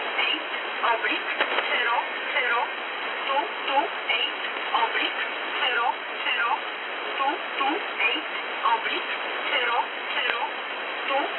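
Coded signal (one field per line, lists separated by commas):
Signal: numbers station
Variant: E11 Oblique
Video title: E11 Oblique, Warsaw, Poland, Numbers Station, 228/00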